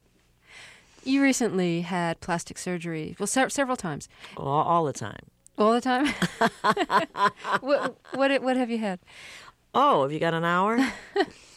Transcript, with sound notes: You recently had plastic surgery. Well, several times.
All the time.
All the time?
(LAUGHTER)
What have you had?
Oh. Have you got an hour?